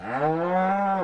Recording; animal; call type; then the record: contact call of a hoofed animal; cattle; low-frequency (closed-mouth) or high-frequency (open-mouth) call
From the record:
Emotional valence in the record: negative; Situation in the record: full separation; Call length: 1.04 s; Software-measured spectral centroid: 1030 Hz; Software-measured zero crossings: 1430 a second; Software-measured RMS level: -24 dBFS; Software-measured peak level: -12 dBFS